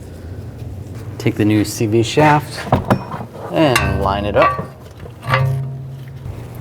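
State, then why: Not seated. Someone talks while the inner splined end of a new front CV axle for a 2010–16 Buick LaCrosse is lined up with the transmission opening, ready to be pushed in. A few brief knocks are heard near the end, but the axle has not been pushed in, and nothing has seated or clicked yet.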